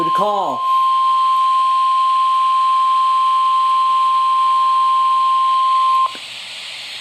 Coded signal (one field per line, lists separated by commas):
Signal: Emergency Alert System (SAME) tones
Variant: 1050 Hz attention tone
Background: speech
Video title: Severe Thunderstorm Warning #2 (EAS #120)